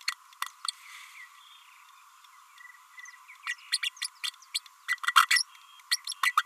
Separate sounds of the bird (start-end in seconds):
3.46-3.56, 3.72-3.78, 3.82-3.89, 4.01-4.07, 4.23-4.30, 4.54-4.59, 4.88-4.98, 5.16-5.27, 5.30-5.43, 5.91-5.97, 6.07-6.14, 6.23-6.32, 6.37-6.43